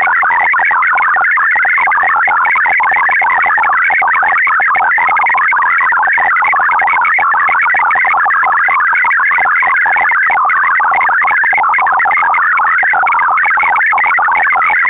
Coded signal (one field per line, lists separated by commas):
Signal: multi-tone FSK (Olivia or MFSK type)